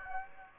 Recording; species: mosquito wingbeat signal from an infrared sensor; Aedes aegypti